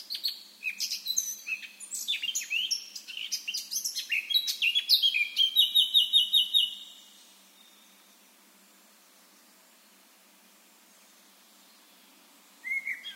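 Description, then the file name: Eurasian blackcap song: a busy twittering warble for several seconds ending in a loud run of pure whistles, followed by quiet and one brief final note. "Sylvia atricapilla"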